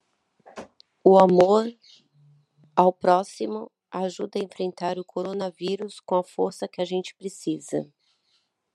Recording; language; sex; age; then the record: spoken sentence; Brazilian Portuguese; female; 40 to 49 years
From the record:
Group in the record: control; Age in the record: 49 years